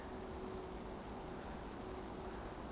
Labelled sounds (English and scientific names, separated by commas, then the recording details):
Eurasian Woodcock (Scolopax rusticola) whistle
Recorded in Baden-Württemberg, Germany, on 23 June 2020 at 20:25 UTC
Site 14569, 102 m above sea level